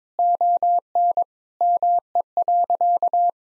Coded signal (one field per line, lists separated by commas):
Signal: Morse code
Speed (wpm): 22 wpm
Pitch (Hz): 700 Hz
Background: none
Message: ON ME.